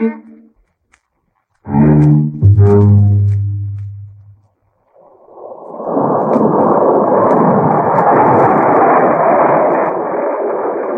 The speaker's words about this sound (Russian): Ой, самолет летит. А почему он не машет крыльями, как птица? Он ведь похож. У него есть мотор, который сильнее любых крыльев.